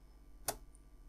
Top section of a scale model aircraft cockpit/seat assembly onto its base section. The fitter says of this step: As you heard, that clicked in absolutely lovely now.